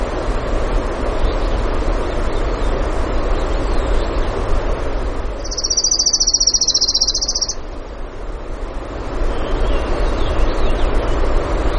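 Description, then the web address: Orange-crowned warbler delivering a single quick trill of high pulsed notes, roughly two seconds long, in the middle of a loud, steady rushing background. Recorded in Denali, Alaska, on 16 June 2016 in the early morning, at 05:32. "alaska acoustic highlights BIRDS 20160616 053228 Orange-Crowned"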